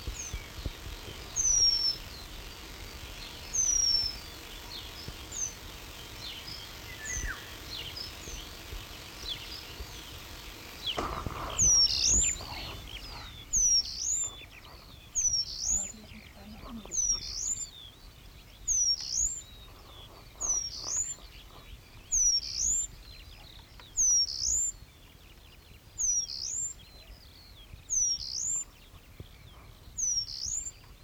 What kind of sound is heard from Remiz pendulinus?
song